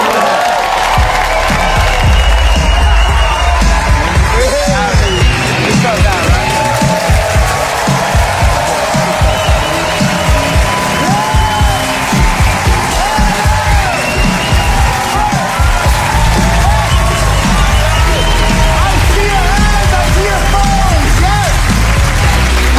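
A large crowd in Hackney applauds and cheers continuously for a music legend, with whoops and shouts rising over a dense, steady wash of clapping that stays loud throughout.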